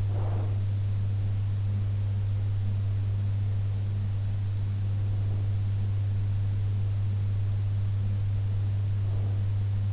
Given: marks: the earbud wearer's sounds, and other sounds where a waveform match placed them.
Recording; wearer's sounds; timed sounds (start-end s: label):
sounds in sleep by an in-ear microphone; breath
0.00-0.73 s: breath